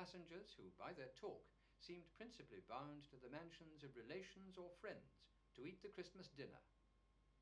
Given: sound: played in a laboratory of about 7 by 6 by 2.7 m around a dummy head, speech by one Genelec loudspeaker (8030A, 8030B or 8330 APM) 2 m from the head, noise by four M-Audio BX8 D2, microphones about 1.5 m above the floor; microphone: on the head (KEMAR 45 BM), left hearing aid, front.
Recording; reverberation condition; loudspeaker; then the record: male speech in English; low; 90 degrees to the left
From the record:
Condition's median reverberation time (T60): about 310 ms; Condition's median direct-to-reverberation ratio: about 3.5 dB